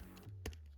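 A plastic wing accessory's peg is pushed into a socket hole in an action figure's back, seating at 0.5 s with a short, sharp tap over a low steady hum. A fainter tick follows at 0.5 s, and the wing is now inserted and won't fall out.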